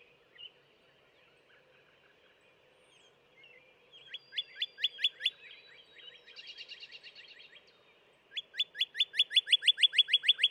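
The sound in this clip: Northern cardinal song: two bursts of rapidly repeated downslurred whistles, separated by a fast series of higher notes, over steady low background noise.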